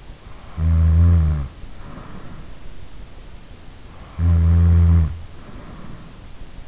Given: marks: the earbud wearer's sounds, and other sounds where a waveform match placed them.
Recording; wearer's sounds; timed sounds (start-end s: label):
sounds in sleep by an in-ear microphone; snoring breath
0.48-2.58 s: snoring breath
4.06-6.22 s: snoring breath